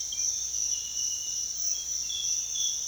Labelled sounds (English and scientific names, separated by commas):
none